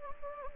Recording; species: mosquito wingbeat signal from an infrared sensor; Anopheles gambiae